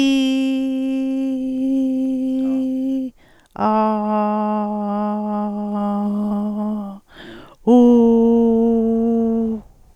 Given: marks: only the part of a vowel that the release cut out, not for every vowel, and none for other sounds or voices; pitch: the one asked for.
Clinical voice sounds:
sustained vowels; female; 60 to 69 years; 2; 0; 0
0.00-1.34 s: vowel /i/, normal pitch
4.14-6.01 s: vowel /a/, normal pitch
7.80-9.39 s: vowel /u/, normal pitch
From the record:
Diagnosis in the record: recurrent laryngeal nerve paralysis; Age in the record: 61 years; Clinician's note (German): Fast paramedian, gute phonatorische Kompensation

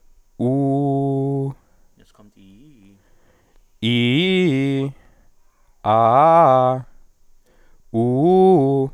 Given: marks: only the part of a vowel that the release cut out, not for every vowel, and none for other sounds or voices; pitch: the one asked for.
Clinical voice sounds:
sustained vowels; male; 20 to 29 years; 0; 0; 0
0.44-1.45 s: vowel /u/, low pitch
3.88-4.78 s: vowel /i/, low-high-low pitch
5.89-6.71 s: vowel /a/, low-high-low pitch
7.99-8.81 s: vowel /u/, low-high-low pitch
From the record:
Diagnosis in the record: healthy voice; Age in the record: 24 years

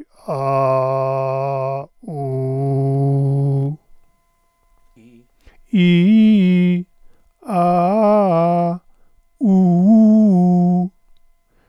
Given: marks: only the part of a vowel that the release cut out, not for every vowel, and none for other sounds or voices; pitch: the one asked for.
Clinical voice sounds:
sustained vowels; male; 60 to 69 years; 2; 1; 0
0.42-1.75 s: vowel /a/, low pitch
2.23-3.64 s: vowel /u/, low pitch
5.79-6.71 s: vowel /i/, low-high-low pitch
7.59-8.68 s: vowel /a/, low-high-low pitch
9.50-10.80 s: vowel /u/, low-high-low pitch
From the record:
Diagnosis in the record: hyperfunctional dysphonia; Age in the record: 64 years

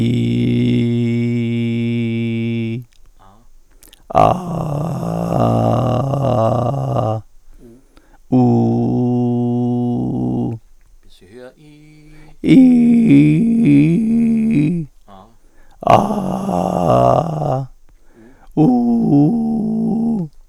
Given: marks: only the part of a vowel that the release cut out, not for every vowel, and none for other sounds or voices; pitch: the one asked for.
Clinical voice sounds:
sustained vowels; male; 50 to 59 years; 3; 3; 2
0.00-1.35 s: vowel /i/, normal pitch
4.80-6.63 s: vowel /a/, normal pitch
8.49-10.30 s: vowel /u/, normal pitch
12.58-14.56 s: vowel /i/, high pitch
16.01-17.09 s: vowel /a/, high pitch
18.60-19.77 s: vowel /u/, high pitch
From the record:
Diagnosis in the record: hypofunctional dysphonia, gastroesophageal reflux disease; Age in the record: 59 years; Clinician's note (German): Hypofunktionelle Dysphonie + GERD (gastro-oesophagaler Reflux)

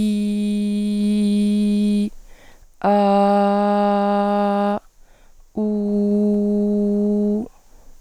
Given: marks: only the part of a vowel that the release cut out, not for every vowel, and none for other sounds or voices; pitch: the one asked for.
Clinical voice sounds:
sustained vowels; female; 20 to 29 years; 0; 0; 0
0.00-1.96 s: vowel /i/, normal pitch
2.92-4.67 s: vowel /a/, normal pitch
5.66-7.29 s: vowel /u/, normal pitch
From the record:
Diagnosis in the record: healthy voice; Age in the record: 20 years

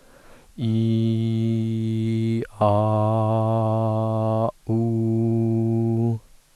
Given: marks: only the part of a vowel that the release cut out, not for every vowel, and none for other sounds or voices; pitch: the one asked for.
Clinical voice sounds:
sustained vowels; male; 18 to 19 years; 0; 0; 0
0.70-2.29 s: vowel /i/, low pitch
2.69-4.38 s: vowel /a/, low pitch
4.77-6.05 s: vowel /u/, low pitch
From the record:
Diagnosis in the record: healthy voice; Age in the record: 19 years

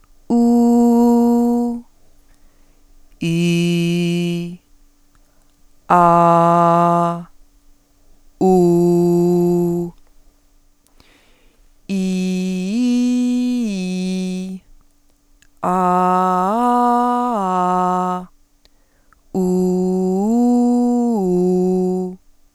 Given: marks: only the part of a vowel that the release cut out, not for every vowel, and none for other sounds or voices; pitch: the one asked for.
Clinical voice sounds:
sustained vowels; female; 30 to 39 years; 0; 0; 0
0.41-1.59 s: vowel /u/, high pitch
3.43-4.26 s: vowel /i/, low pitch
6.00-7.03 s: vowel /a/, low pitch
8.63-9.62 s: vowel /u/, low pitch
12.00-13.23 s: vowel /i/, low-high-low pitch
15.84-18.02 s: vowel /a/, low-high-low pitch
19.52-21.88 s: vowel /u/, low-high-low pitch
From the record:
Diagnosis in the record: healthy voice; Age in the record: 38 years

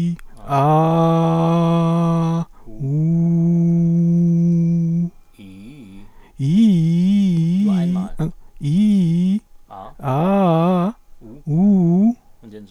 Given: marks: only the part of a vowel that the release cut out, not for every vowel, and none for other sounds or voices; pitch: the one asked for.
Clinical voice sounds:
sustained vowels; male; 30 to 39 years; 0; 0; 0
0.64-2.36 s: vowel /a/, low pitch
2.91-5.01 s: vowel /u/, low pitch
8.72-9.33 s: vowel /i/, low-high-low pitch
10.12-10.83 s: vowel /a/, low-high-low pitch
11.53-12.05 s: vowel /u/, low-high-low pitch
From the record:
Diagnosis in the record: recurrent laryngeal nerve paralysis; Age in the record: 37 years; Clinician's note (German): Phonatorisch voll kompensiert

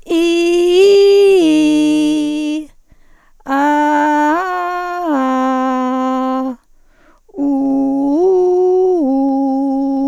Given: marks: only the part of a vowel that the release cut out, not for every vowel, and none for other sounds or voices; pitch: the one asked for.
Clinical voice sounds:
sustained vowels; female; 50 to 59 years; 0; 0; 0
0.61-2.43 s: vowel /i/, low-high-low pitch
3.89-5.83 s: vowel /a/, low-high-low pitch
7.73-9.69 s: vowel /u/, low-high-low pitch
From the record:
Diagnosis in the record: hyperfunctional dysphonia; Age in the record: 57 years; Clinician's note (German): Leichte Tendenz dazu mit Teleangieektasien

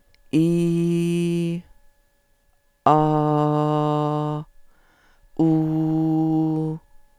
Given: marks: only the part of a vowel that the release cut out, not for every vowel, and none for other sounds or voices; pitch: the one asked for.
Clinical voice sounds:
sustained vowels; female; 50 to 59 years; 2; 2; 1
0.40-1.46 s: vowel /i/, low pitch
3.05-4.10 s: vowel /a/, low pitch
5.45-6.50 s: vowel /u/, low pitch
From the record:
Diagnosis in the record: psychogenic dysphonia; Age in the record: 55 years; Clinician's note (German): Funktionelle Komponente

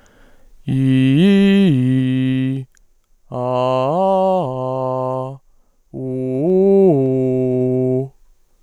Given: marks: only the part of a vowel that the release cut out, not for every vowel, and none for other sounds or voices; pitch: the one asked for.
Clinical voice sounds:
sustained vowels; male; 20 to 29 years; 0; 0; 0
0.80-2.45 s: vowel /i/, low-high-low pitch
3.45-5.14 s: vowel /a/, low-high-low pitch
6.09-7.92 s: vowel /u/, low-high-low pitch
From the record:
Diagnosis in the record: dysphonia, voice mutation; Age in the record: 24 years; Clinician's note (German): Dysplastisch, inkomplette Mutation, zu hohe Frequenz

